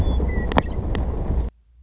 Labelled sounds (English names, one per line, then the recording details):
Western Meadowlark
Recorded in Sonoma County, California